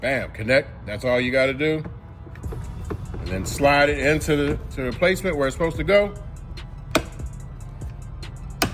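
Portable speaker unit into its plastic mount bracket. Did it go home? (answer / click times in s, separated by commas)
yes / 7.0 s, 8.6 s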